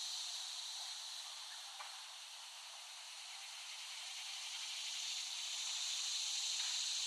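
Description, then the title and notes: Cicada chorus forming a dense, even buzzing hiss that swells slightly louder toward the end. Cicadas in West Brighton, Staten Island, late summer 2008, by Dan Bodah. "Dronecast No. 021: The Cicadas of Summer. Recording of cicadas made by Dan Bodah in West Brighton, Staten Island, late summer 2008"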